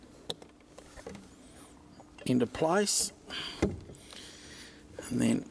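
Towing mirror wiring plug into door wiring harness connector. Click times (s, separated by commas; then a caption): 0.3 s. A towing mirror's electrical plug is pushed into the door wiring harness socket on a Ford Territory and clicks into place with a sharp click at 0.3 s. A few faint taps follow, then someone talks.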